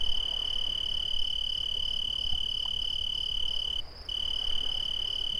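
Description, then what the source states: Crickets trilling, one unbroken high tone plus a pulsing higher trill, both dropping out for a moment just before four seconds, with soft low rumble behind. Two crickets.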